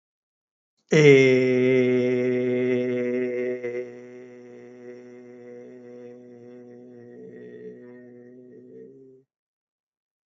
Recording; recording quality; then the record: sustained vowel as in made; excellent, no background noise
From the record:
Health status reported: healthy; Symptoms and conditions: none ticked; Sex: male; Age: 64 years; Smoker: not ticked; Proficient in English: yes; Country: India